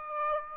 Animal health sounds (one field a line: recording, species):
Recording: mosquito wingbeat signal from an infrared sensor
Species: Aedes aegypti